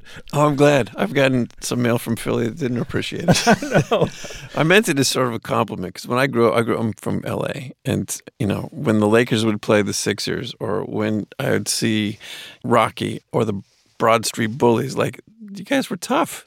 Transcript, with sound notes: Oh, I'm glad. I've gotten some mail from Philly that didn't appreciate it.
(Laughter) I know.
I meant it as sort of a compliment 'cause when I grew up - I'm from LA. And, you know, when the Lakers would play the Sixers or when I'd see "Rocky" or the "Broad Street Bullies," like, you guys were tough.